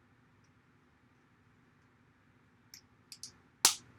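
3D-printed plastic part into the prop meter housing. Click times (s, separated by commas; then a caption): 3.6 s. A 3D-printed plastic part is pushed down into the housing of a prop PKE meter. After a few faint ticks around 2.7, 3.1 and 3.2 seconds over a low steady hum, it snaps home with one sharp, loud snap at 3.7 seconds, and the part is seated.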